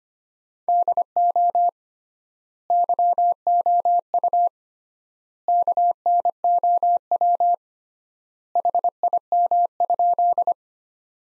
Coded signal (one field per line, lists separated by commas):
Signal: Morse code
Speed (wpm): 25 wpm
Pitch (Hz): 700 Hz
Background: none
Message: DO YOU KNOW HIM?